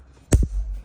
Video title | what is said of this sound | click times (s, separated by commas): Regret Losing Your Keys? Piaggio Typhoon Lock Set Change | press and you hear a click | 0.3 s